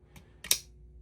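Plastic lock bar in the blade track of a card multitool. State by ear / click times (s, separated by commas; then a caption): seated / 0.5 s. On a 3D-printed plastic card multitool, the plastic lock bar in the utility blade's track is pushed sideways to unlock the blade, rides along the top, and snaps back into place. A faint tick at 0.2 s and a small click at 0.4 s lead into a sharp, bright snap at 0.5 s that quickly fades, leaving the lock bar seated.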